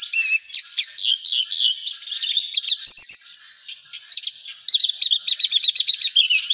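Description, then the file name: Javan bush lark song mixing buzzy slurred notes and quick trilled chip bursts, with brief pauses between phrases. "suara burung branjangan jawa"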